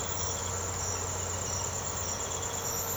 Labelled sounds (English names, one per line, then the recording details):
none
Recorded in secondary vegetation near Puerto Asís, Putumayo, Colombia, on 19 March 2025 at 05:30
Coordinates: 0.468, -76.324
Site G059